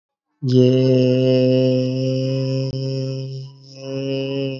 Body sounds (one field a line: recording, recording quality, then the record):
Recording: sustained vowel as in made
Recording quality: excellent, no background noise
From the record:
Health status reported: healthy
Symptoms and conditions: muscle pain, diabetes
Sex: male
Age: 36 years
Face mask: not worn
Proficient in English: yes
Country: India